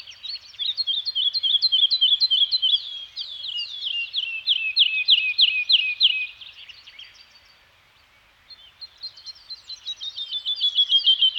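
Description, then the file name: Songbird singing high, rapid trilled phrases, with several loud runs of repeated notes, a short quiet gap near eight seconds, then another fast trill. Birds singing in a Scandinavian forest. "Nature Soundscape - Scandinavian Forest Environment with Birds Singing"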